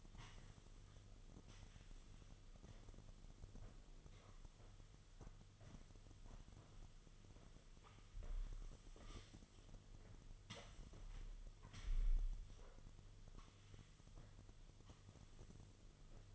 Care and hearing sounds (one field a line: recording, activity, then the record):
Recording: daily activity, microphone in the room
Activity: sweep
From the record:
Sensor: 4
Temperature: 26.3 degrees Celsius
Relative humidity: 32.1%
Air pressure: 1005.6 hPa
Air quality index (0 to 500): 110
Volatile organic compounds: 3 ppm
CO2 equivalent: 1367 ppm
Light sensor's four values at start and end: 13/29/11/11 and 13/29/11/11